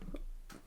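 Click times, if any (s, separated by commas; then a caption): none. A plastic Optimus Prime toy head is pressed onto an action figure's neck peg, making a few light plastic ticks and taps near 0.0, 0.2 and 0.5 seconds. The head does not snap into place, so nothing has seated or clicked, and it would need sticky tack to hold.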